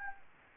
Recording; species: mosquito wingbeat signal from an infrared sensor; Anopheles gambiae